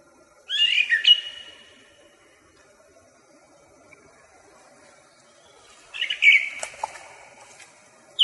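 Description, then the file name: Song thrush phrases: short bursts of sharp, whistled notes separated by a long quiet pause. "drozd pevchijj"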